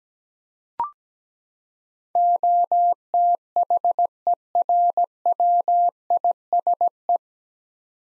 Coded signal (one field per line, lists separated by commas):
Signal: Morse code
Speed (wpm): 17 wpm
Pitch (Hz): 700 Hz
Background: none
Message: OTHERWISE